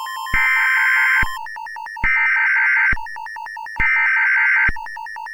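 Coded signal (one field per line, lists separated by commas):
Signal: Emergency Alert System (SAME) tones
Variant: header bursts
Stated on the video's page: Simulated scenario alert, not real.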